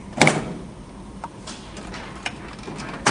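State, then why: Seated. A plastic toner cartridge is slid back into its bay in a laser printer and clicks into place with a sharp latch at 0.2 s. Fainter knocks follow at about 1.2 s and 2.3 s, and a louder one at 3.1 s, with the cartridge seated.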